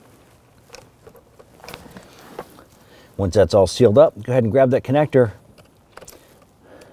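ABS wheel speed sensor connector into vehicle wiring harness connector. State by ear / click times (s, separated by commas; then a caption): not seated / none. Faint plastic handling taps and rustles at 0.8 s, around 1.7 s and at 6.0 s come from someone picking up and positioning the plastic connector of a rear ABS wheel speed sensor on a 1999-2004 Jeep Grand Cherokee, before it is mated into the vehicle wiring harness connector. Someone talks in the middle of the clip. The connector has not yet been pushed home or clicked into place.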